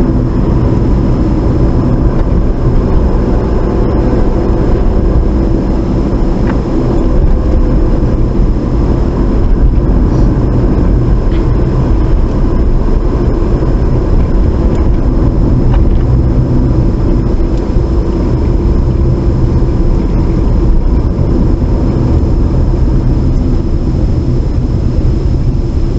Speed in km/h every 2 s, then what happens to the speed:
40, 44, 42, 39, 37, 37, 39, 37, 35, 34, 31, 23, 16.
3-7 slows to 37. 7-18 steady at about 37. 18-26 slows to 16.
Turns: none.